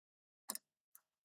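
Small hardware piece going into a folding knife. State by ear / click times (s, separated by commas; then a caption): seated / 0.5 s. During a hardware swap on a Divo Smallboy folding pocket knife, a small hardware piece is pressed into the handle or blade and seats with a short, sharp pop at 0.5 s, followed immediately by a second click at 0.6 s. A fainter tick follows at 0.9 s, then another brief tick at the very end, and the part is seated in place.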